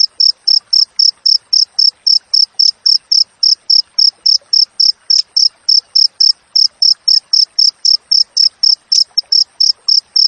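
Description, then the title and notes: Cricket producing a long, steady series of high chirps at roughly four per second, rhythm barely varying. Natural cricket chirping with tightly spaced pauses, used as master audio for training songbirds and for repelling rats. "Masteran Jangkrik Alam Jernih, Jeda Rapat Cocok Untuk Masteran Burung Dan Mengusir Tikus. suara jangkrik"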